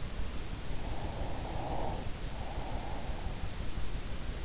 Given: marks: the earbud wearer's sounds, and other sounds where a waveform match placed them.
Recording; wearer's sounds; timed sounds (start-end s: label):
sounds in sleep by an in-ear microphone; breath
0.45-3.35 s: breath